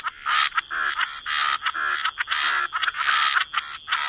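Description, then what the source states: Frogs croaking rapidly, throaty rattling calls packed closely together with short pauses, a faint steady high whine behind. Frog chorus with white noise.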